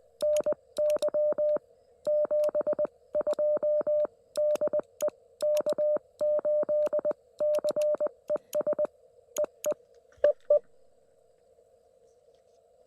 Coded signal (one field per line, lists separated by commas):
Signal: Morse code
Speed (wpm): 20 wpm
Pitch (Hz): 590 Hz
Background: none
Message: NY 72 DE K8CES EE EE